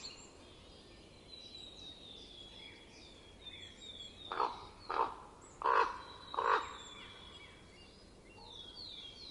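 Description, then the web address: Common raven uttering four rough croaks spaced under a second apart, with high thin calls from small birds throughout. Winter. "ronk. winter"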